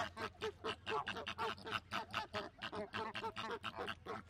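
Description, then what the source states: Flamingo flock calls, dense overlapping nasal honks and gabbling repeated throughout, several birds calling at once with no clear gap. Flamingos at a zoo park.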